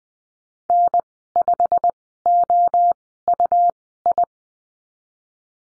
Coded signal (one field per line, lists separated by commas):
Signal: Morse code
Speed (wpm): 20 wpm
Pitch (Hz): 700 Hz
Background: none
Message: N5OUI